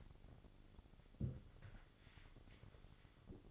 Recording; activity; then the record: daily activity, microphone in the room; place on stove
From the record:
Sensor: 4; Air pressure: 1008.8 hPa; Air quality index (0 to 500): 128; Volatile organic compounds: 1 ppm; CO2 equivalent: 934 ppm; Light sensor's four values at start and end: 10/23/9/8 and 11/25/10/9